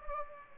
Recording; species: mosquito wingbeat signal from an infrared sensor; Culex pipiens